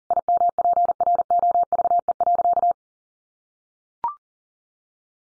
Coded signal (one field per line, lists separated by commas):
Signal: Morse code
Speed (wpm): 40 wpm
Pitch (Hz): 700 Hz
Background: none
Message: IMPROVE.